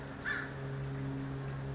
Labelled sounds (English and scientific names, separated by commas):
California Towhee (Melozone crissalis)